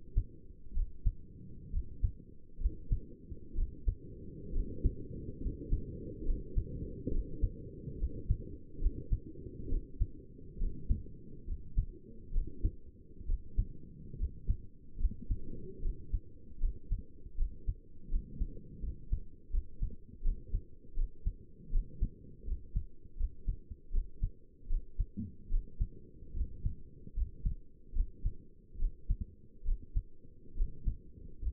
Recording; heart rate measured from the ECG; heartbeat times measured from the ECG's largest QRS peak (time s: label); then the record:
heart sounds by stethoscope; 72 bpm
0.75 s: heartbeat
1.73 s: heartbeat
2.61 s: heartbeat
3.56 s: heartbeat
4.53 s: heartbeat
5.41 s: heartbeat
6.26 s: heartbeat
7.12 s: heartbeat
7.99 s: heartbeat
8.81 s: heartbeat
9.70 s: heartbeat
10.59 s: heartbeat
11.47 s: heartbeat
12.33 s: heartbeat
13.27 s: heartbeat
14.18 s: heartbeat
15.00 s: heartbeat
15.82 s: heartbeat
16.61 s: heartbeat
17.38 s: heartbeat
18.11 s: heartbeat
18.83 s: heartbeat
19.53 s: heartbeat
20.24 s: heartbeat
20.97 s: heartbeat
21.73 s: heartbeat
22.47 s: heartbeat
23.19 s: heartbeat
23.93 s: heartbeat
24.70 s: heartbeat
25.51 s: heartbeat
26.36 s: heartbeat
27.16 s: heartbeat
27.95 s: heartbeat
28.80 s: heartbeat
29.66 s: heartbeat
30.57 s: heartbeat
31.42 s: heartbeat
From the record:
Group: healthy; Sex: male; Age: 22 years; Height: 181 cm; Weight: 79 kg